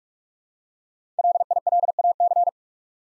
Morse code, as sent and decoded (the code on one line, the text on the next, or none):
.-.. .. .-.. .- -.-.
LILAC